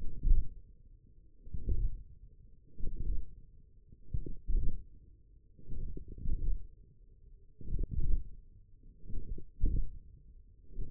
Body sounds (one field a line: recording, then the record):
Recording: forearm muscle sounds (acoustic myography)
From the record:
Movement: hand opening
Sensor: system 1, eight BSWA MPA416 microphones around the upper forearm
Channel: 7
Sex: male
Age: 28 years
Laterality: right